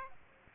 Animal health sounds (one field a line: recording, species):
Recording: mosquito wingbeat signal from an infrared sensor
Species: Aedes aegypti